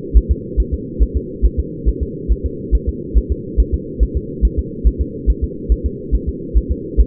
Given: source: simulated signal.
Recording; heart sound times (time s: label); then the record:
fetal heart sounds
0.17 s: S1
0.31 s: S2
0.60 s: S1
0.74 s: S2
1.03 s: S1
1.17 s: S2
1.45 s: S1
1.60 s: S2
1.88 s: S1
2.03 s: S2
2.32 s: S1
2.46 s: S2
2.75 s: S1
2.89 s: S2
3.18 s: S1
3.32 s: S2
3.60 s: S1
3.74 s: S2
4.03 s: S1
4.17 s: S2
4.45 s: S1
4.59 s: S2
4.87 s: S1
5.01 s: S2
5.30 s: S1
5.44 s: S2
5.72 s: S1
5.86 s: S2
6.15 s: S1
6.29 s: S2
6.57 s: S1
6.72 s: S2
7.00 s: S1
From the record:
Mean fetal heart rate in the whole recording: 140 bpm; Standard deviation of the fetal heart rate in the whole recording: 2 bpm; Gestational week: 34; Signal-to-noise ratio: -4.1 dB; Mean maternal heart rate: no maternal heart sound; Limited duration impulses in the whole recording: absent